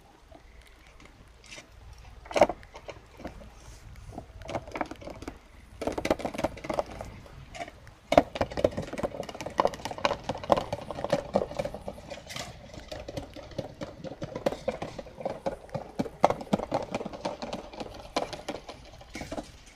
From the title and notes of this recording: NO TALKING OR WHISPERING. Jar tapping and bubbles.